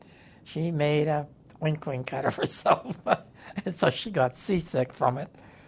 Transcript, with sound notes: She made a oink-oink out of herself, (laughs) and so she got seasick from it.